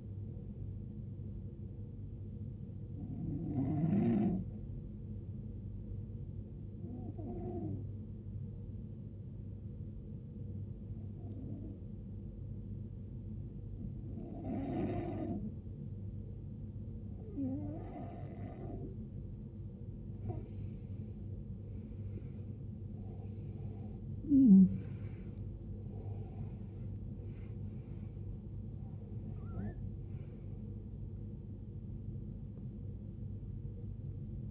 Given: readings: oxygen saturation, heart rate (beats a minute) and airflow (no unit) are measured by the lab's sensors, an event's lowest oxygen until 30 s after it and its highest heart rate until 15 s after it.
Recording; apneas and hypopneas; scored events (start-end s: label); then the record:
breathing in sleep by a smartphone at the bedside; 1
7.00-21.80 s: hypopnea (N1, oxygen 95% highest, then 90% lowest, heart rate 79 at the start, 79 highest)
From the record:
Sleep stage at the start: N1 (lightest sleep); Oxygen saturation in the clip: 89 to 95%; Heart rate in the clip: 64 to 79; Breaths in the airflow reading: 8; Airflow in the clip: -16.6 to 16.3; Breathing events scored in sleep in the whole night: 389 in 6.3 hours asleep